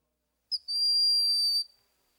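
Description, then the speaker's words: Broad-winged Hawk call: a short sharp note, then one high, thin, level whistle held for about a second. Otherwise silent. Male's high-pitched thin whistle like a shrill drawn-out bee, given during courtship season; eastern North American buteo. "The call of the broad-winged hawk is a high-pitched, thin whistle."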